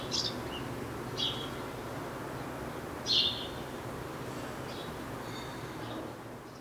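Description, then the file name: House sparrow giving a few short, harsh chirps, one louder than the rest, against a constant background noise. "Passer domesticus"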